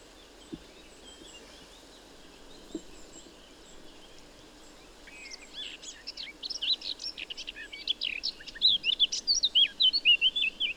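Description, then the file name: Eurasian blackcap song: near silence for five seconds, then a soft scratchy warble that swells into rich, loud fluty whistles and rapid twittering to the end. "Sylvia atricapilla"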